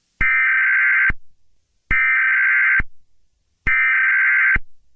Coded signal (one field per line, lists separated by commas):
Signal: Emergency Alert System (SAME) tones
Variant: header bursts